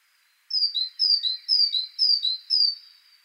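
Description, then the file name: Great tit sounding five rapid two-note phrases, each a high note then a lower one, about two per second. "Parus major"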